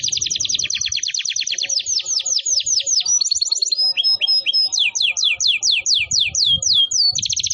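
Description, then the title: Canary song: rapid high trills give way to series of swept, slurred whistles and rolling phrases, delivered continuously with a faint low background rumble. Long, vigorous canary song used as a lure and as master song for training wild canaries. "Pikat Kenari GACOR PANJANG INI Cocok Untuk Masteran KENARI LIAR"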